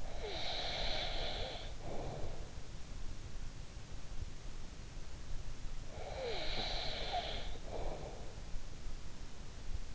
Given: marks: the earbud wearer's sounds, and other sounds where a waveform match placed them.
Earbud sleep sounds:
sounds in sleep by an in-ear microphone; breath
0.00-2.63 s: breath
6.01-8.54 s: breath

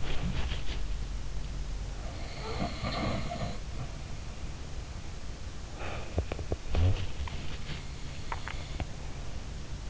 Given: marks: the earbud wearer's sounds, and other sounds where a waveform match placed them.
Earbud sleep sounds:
sounds in sleep by an in-ear microphone; body movement, breath, swallowing
0.00-0.93 s: body movement
2.03-4.22 s: sound from someone else or the room
5.76-8.90 s: breath
6.16-7.00 s: swallowing
8.27-8.90 s: swallowing

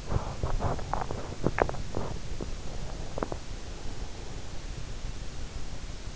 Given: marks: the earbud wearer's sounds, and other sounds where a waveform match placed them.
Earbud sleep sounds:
sounds in sleep by an in-ear microphone; teeth grinding
0.00-3.96 s: teeth grinding

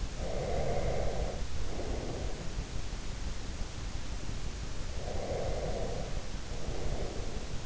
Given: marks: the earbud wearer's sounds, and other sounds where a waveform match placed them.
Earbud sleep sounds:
sounds in sleep by an in-ear microphone; breath
0.18-2.64 s: breath
4.86-7.66 s: breath

